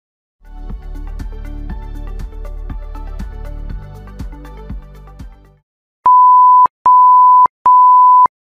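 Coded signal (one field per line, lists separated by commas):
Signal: beep code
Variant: AMI BIOS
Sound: short music passage, then three long steady mid-pitched beeps separated by brief pauses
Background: music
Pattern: 3 long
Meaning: Keyboard or keyboard controller error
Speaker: Three long beeps meaning keyboard or keyboard controller error. This is common in AMI BIOS.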